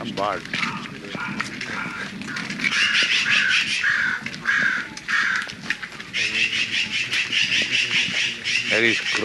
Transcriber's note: several birds are making noises, including a crow